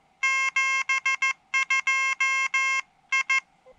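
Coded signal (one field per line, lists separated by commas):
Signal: Morse code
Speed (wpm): 15 wpm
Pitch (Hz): 2150 Hz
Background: music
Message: 72 I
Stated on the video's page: Morse sent on an Elecraft KH1 during a Summits on the Air summit activation, QRP portable operation.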